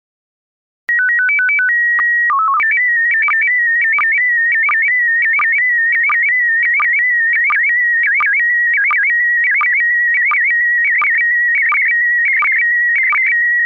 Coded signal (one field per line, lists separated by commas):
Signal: SSTV (slow-scan television)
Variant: PD 90